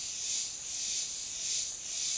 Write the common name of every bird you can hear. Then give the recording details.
none. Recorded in dense forest near Puerto Asís, Putumayo, Colombia, on 20 February 2024 at 07:30. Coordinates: 0.502, -76.326. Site G6460